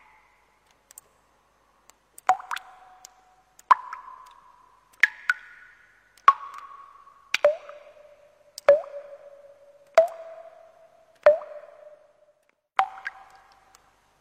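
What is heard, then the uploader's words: Water drips, one clear plop about every one to one and a half seconds across the clip. Each drop has a sharp start and a short ringing tail whose pitch shifts slightly from drop to drop. Nothing else is heard between them. The sound of dripping water, the sound of nature, quiet.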